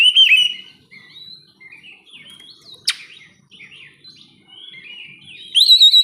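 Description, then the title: Oriental magpie-robin giving soft, rambling warbled notes between a loud whistled opening and closing phrase, with a single sharp snap midway. "kacer"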